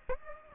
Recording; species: mosquito wingbeat signal from an infrared sensor; Aedes aegypti